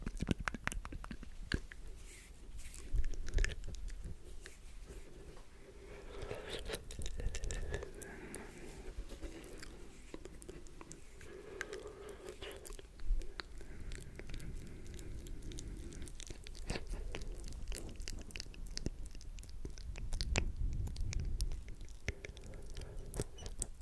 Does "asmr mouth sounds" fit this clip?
yes